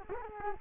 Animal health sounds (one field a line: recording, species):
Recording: mosquito wingbeat signal from an infrared sensor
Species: Culex quinquefasciatus